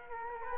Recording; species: mosquito wingbeat signal from an infrared sensor; Culex quinquefasciatus